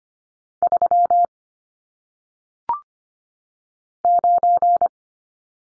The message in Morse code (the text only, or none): 3 9